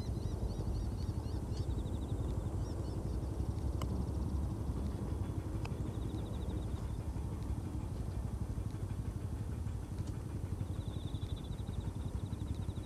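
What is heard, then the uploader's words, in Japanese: Autumn insects chirp in short, high, repeating trills that come and go, near the start, around five seconds, and again toward the end. Underneath runs a constant, dense low rumble of distant passing traffic. A couple of sharp clicks occur early on. 人参除草 お昼前。ゆっくり育つ人参を、追い越そうとしてくる草を、ハサミで根元を切っていきます。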